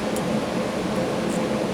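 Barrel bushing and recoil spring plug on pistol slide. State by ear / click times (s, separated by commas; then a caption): not seated / none. A steady broadband hiss with a faint low hum fills the clip as the barrel bushing and recoil spring plug are lined up over the recoil spring on a Kimber Tactical Custom II pistol slide during reassembly, just before being pressed down. Nothing has seated or clicked yet.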